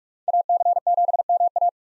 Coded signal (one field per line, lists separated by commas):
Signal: Morse code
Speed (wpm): 47 wpm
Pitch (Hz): 700 Hz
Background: none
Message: AC7MA